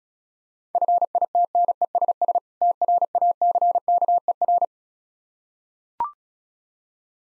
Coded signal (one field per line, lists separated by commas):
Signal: Morse code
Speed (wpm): 36 wpm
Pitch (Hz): 700 Hz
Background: none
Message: FITNESS TRACKER